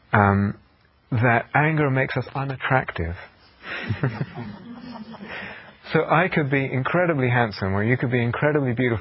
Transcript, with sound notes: that anger makes us unattractive. [laughter] So I could be incredibly handsome, or you could be incredibly beautiful.